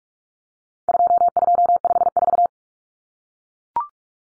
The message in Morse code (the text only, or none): 2254